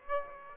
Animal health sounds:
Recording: mosquito wingbeat signal from an infrared sensor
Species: Aedes aegypti

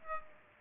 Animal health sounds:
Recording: mosquito wingbeat signal from an infrared sensor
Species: Aedes aegypti

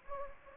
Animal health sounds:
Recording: mosquito wingbeat signal from an infrared sensor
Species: Anopheles gambiae

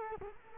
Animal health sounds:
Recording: mosquito wingbeat signal from an infrared sensor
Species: Culex quinquefasciatus

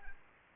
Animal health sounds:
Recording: mosquito wingbeat signal from an infrared sensor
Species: Anopheles arabiensis

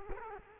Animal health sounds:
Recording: mosquito wingbeat signal from an infrared sensor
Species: Culex quinquefasciatus

